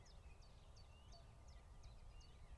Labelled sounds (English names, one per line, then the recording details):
Common Chiffchaff
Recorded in Germany
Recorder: ecoPi